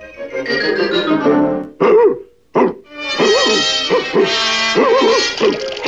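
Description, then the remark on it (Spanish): A cartoon dog in a Spanish-dubbed Looney Tunes short barks and yelps in a string of short, rough bursts, with a brief gap of silence partway through and whiny, rising-and-falling tones between the barks. “¡Perro delator!”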